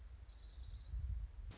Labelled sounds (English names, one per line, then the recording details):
Orange-crowned Warbler
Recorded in Sonoma County, California